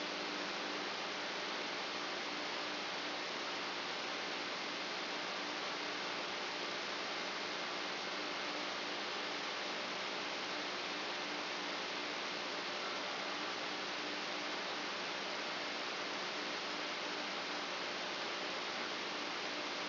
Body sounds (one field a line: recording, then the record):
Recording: brain microelectrode recording played as sound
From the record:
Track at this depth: outside the subthalamic nucleus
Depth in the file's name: 9.029 mm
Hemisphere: left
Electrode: 2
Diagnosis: Parkinson's disease